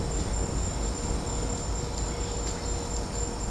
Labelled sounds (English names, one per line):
none